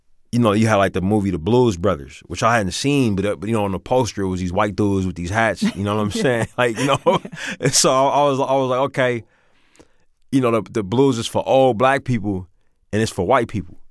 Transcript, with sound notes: you know, you had, like, the movie "The Blues Brothers," which I hadn't seen. But, you know, on the poster, it was these white dudes with these hats. You know what I'm saying?
(Laughter) Yeah. Yeah.
Like, you know, so I was like, OK. You know, the blues is for old Black people, and it's for white people.